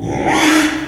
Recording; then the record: squeal of a Yucatan mini pig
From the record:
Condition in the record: after surgery on the right vocal fold (resection and tissue-engineered implant); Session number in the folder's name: 3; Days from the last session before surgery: 33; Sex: male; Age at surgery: 12 weeks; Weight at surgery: 13 kg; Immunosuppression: cyclosporine, prednisolone